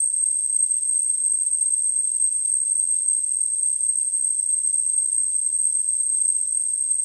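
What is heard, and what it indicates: Simulated tinnitus: a steady, continuous high-pitched tone near 8 kHz with faint surrounding hiss and nothing in the low frequencies.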